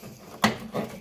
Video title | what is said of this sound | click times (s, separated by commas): Toyota Corolla Replace License Plate Light Bulb 2003 To 2008 | you hear it click into place like it just did there | 0.4 s